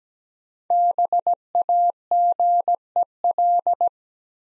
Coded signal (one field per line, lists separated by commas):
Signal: Morse code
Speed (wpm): 17 wpm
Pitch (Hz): 700 Hz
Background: none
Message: BAGEL